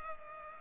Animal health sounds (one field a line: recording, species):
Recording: mosquito wingbeat signal from an infrared sensor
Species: Culex pipiens